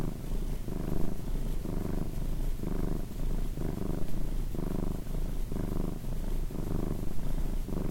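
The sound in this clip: Purring cat, the rumble rising and falling in clear breath cycles.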